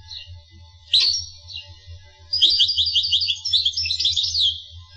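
Finch song: a single sharp high note, then a long rapid stream of twittering chirps, over a low background hum.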